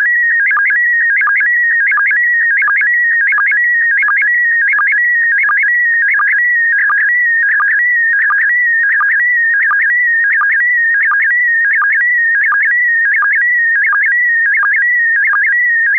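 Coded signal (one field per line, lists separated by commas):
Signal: SSTV (slow-scan television)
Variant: PD90 mode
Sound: continuous warbling tone around 2 kHz with short regular low chirps, steady rhythm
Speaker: Aan het eind van de uitzending hebben we wel SSTV. SSTV met PD90. SSTV met PD90.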